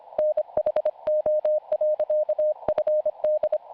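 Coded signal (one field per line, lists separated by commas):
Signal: Morse code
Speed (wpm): 25 wpm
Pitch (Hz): 610 Hz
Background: none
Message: NHO.FD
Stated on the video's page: CW QSO at a calm speed with carefully formed words, received on an SDR.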